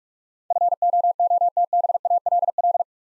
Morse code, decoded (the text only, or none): FOOTBALL